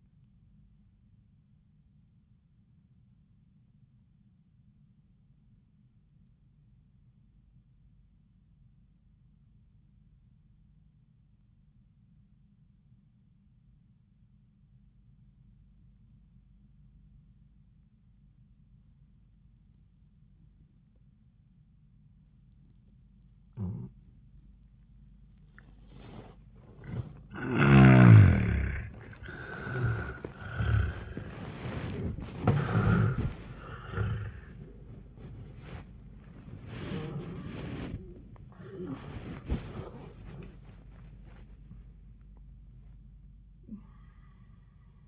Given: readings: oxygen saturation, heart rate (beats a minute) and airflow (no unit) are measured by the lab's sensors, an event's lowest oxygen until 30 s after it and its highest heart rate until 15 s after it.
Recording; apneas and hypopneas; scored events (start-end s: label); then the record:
breathing in sleep by a smartphone at the bedside; 1
4.00-28.60 s: obstructive apnea (N2, oxygen 97% highest, then 81% lowest, heart rate 85 at the start, 108 highest)
34.00-45.08 s: awake
34.00-45.08 s: new sleep stage, awake
From the record:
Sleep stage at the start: N2 (light sleep); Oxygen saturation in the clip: 81 to 97%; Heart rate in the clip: 81 to 110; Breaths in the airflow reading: 4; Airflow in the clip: -19.3 to 11.3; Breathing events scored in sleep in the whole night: 400 in 8.7 hours asleep